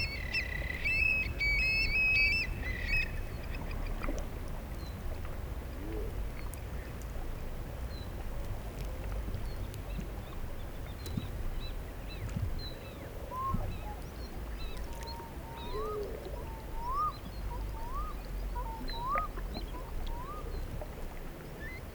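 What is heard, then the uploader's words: A steady low rumble of river and movement fills the floodplain throughout, with scattered faint ticks. A bright, rapid bird chatter sounds in the first few seconds, and from about halfway a bird repeats a short rising whistle roughly once a second. Aural encounters in the floodplains by pablo sanz, 2023. An imaginary day, from dawn to sunset. It meanders through aural spaces based on encounters with human and other-than-human lifeforms and their movements, shaped by the presence of the river.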